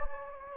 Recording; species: mosquito wingbeat signal from an infrared sensor; Anopheles gambiae